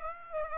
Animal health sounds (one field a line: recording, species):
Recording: mosquito wingbeat signal from an infrared sensor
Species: Aedes aegypti